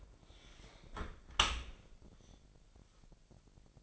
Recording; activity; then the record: daily activity, microphone in the room; close dishwasher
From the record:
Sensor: 5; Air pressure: 1000.6 hPa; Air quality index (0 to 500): 249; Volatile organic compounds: 35 ppm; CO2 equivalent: 3058 ppm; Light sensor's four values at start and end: 31/71/28/27 and 31/70/28/26